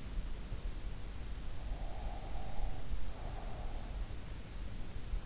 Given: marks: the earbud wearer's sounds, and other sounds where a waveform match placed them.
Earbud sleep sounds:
sounds in sleep by an in-ear microphone; breath
1.39-4.59 s: breath

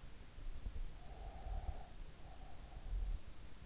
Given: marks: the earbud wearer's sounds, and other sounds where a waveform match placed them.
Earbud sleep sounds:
sounds in sleep by an in-ear microphone; breath
0.89-3.13 s: breath

